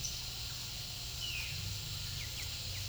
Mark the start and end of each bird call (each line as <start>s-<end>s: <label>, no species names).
1.16s-2.88s: bird call